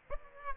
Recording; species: mosquito wingbeat signal from an infrared sensor; Aedes aegypti